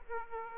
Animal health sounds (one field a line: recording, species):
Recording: mosquito wingbeat signal from an infrared sensor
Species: Aedes aegypti